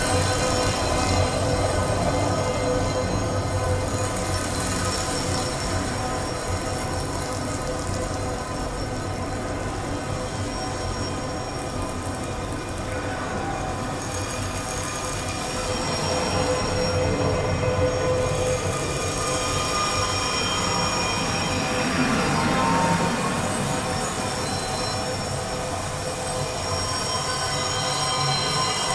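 Chinese metal Baoding balls, heavily processed into a dense, sustained metallic drone. Ringing tones hold steady at several pitches while a low rumble churns underneath, with swells of brighter shimmer around 5, 13 and 22 seconds. The level stays fairly even throughout.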